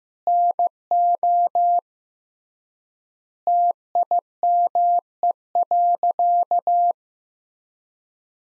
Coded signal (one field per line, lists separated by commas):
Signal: Morse code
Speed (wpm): 15 wpm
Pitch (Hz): 700 Hz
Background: none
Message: NO TIME.